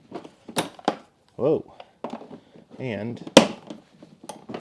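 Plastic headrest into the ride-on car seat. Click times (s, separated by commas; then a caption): 4.3 s. A plastic headrest, with its safety tabs facing the front, is pushed into the seat of a McLaren F1 ride-on toy car while someone talks. Scattered knocks and handling sounds lead up to a sharp snap at 4.3 seconds as the tabs click and the headrest seats in place.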